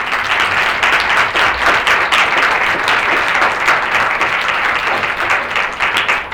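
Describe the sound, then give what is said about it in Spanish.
Sustained applause from an audience for everyone on the team, closing the second day of the conference against femicide at UACM, Centro Histórico campus, a dense, even patter of many hands clapping at steady loudness for several seconds with no voices over it. “Así que un aplauso pues, por todos los que están con el equipo.”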